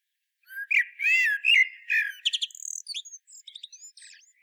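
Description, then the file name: Common blackbird gives a smooth, fluty warbled phrase that breaks into a rapid series of thin, high squeaks and twitters. "Turdus merula"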